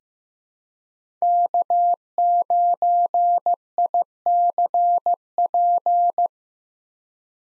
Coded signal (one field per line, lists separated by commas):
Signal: Morse code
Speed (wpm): 15 wpm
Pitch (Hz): 700 Hz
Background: none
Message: K9ICP